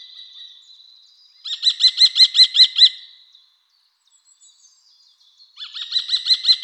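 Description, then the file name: Common kestrel giving a fast, loud run of several shrill kee notes, then another series starting near the end. "Turmfalke Falco tinnunculus"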